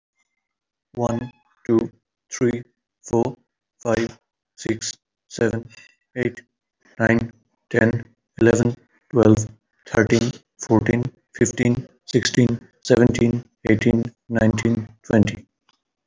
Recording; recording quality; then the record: counting at a normal pace; excellent, no background noise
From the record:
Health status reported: exposed to COVID-19, no respiratory illness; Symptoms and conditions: none ticked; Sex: male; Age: 22 years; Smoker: not ticked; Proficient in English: yes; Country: India